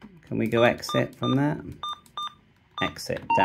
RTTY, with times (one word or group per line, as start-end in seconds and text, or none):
none